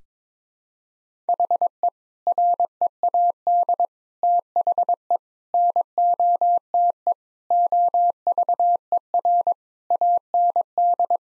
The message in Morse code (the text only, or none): HE READ THE NOTE OVER AND